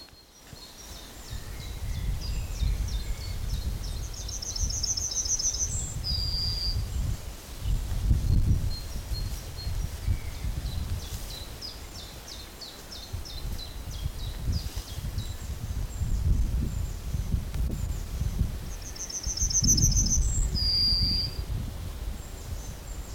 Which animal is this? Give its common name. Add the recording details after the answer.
Yellowhammer. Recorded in the wild. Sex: male. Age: adult. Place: Blankenfelde, Berlin, DE. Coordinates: 52.625, 13.404. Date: 1992-05-28 10:46. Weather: sonnig, 20-24 °C, böiger Ost-Wind. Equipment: Nagra SN, Mikrofon AKG CK 8, Kopie Tesla B 116. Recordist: Tembrock, Günter